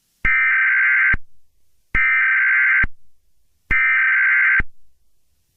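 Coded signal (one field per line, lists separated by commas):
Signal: Emergency Alert System (SAME) tones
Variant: header bursts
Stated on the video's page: Fictional volcanic eruption EAS scenario.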